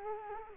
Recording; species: mosquito wingbeat signal from an infrared sensor; Culex quinquefasciatus